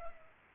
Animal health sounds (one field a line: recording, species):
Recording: mosquito wingbeat signal from an infrared sensor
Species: Culex pipiens